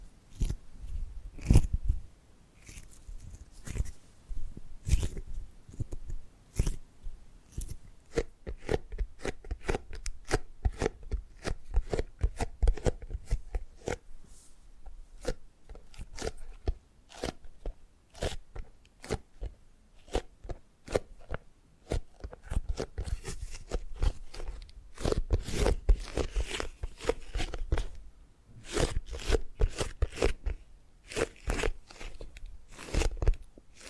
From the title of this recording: Tapping and Gripping Sounds